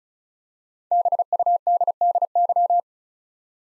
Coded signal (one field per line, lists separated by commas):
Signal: Morse code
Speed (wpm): 34 wpm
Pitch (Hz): 700 Hz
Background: none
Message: BUDDY